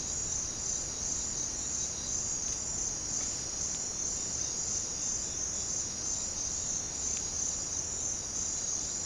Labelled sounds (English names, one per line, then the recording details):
none
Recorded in pastures near Puerto Asís, Putumayo, Colombia, on 29 June 2025 at 07:30
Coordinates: 0.496, -76.326
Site GP01